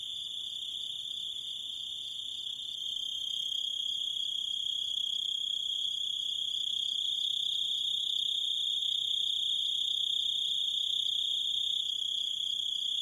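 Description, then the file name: Grasshopper stridulation: a steady, high, ringing insect trill held without a break throughout, growing slightly louder after the first few seconds. "zvuki kuznechika"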